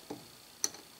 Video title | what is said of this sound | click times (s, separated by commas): Making Flange Nuts 3 methods of indexing TIPS #629 tubalcain | you can hear it click in now so | 0.6 s